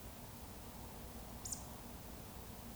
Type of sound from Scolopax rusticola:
whistle